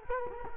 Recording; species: mosquito wingbeat signal from an infrared sensor; Culex quinquefasciatus